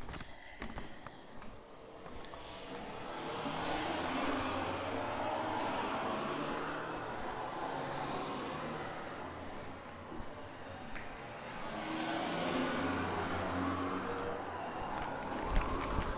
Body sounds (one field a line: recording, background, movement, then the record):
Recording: deep breathing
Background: traffic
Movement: walking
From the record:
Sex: female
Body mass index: 25.5 kg/m2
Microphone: on the chest, facing outward